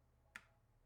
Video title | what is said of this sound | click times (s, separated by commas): The Most Adorable Gaming PC Build – Hello Kitty Ryzen 9 9900X in HYTE X50 Air | You heard that little click. And those gold fingers disappeared. That means it's properly installed. | 0.4 s